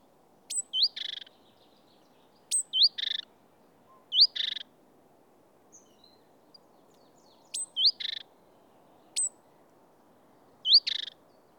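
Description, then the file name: Great tit calls: a thin high note, a quick upslurred whistle, then a short buzzy churr, in phrases repeated at irregular intervals. "Parus major"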